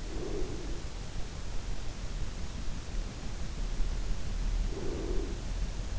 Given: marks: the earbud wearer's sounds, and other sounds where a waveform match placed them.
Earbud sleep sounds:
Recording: sounds in sleep by an in-ear microphone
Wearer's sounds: breath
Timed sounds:
0.00-1.03 s: breath
4.71-5.75 s: breath

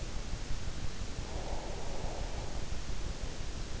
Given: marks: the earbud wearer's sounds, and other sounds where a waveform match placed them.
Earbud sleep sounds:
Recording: sounds in sleep by an in-ear microphone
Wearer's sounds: breath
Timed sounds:
1.26-3.27 s: breath

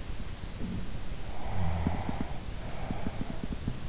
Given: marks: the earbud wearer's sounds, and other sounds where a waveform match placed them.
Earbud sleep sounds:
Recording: sounds in sleep by an in-ear microphone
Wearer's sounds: snoring breath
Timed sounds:
1.32-3.79 s: snoring breath

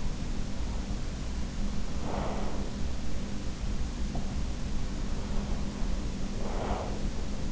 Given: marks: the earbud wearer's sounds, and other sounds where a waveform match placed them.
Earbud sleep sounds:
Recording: sounds in sleep by an in-ear microphone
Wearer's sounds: breath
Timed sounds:
0.00-2.76 s: breath
5.09-7.35 s: breath

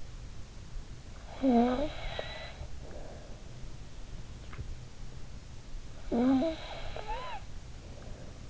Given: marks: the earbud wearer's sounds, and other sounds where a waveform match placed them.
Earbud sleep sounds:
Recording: sounds in sleep by an in-ear microphone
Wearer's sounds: snoring breath, swallowing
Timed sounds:
1.23-3.52 s: snoring breath
4.49-4.88 s: swallowing
6.01-8.50 s: snoring breath

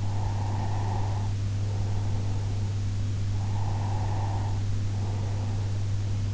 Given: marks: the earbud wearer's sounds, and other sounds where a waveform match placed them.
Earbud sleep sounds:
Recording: sounds in sleep by an in-ear microphone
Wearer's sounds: breath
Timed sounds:
0.04-6.22 s: breath

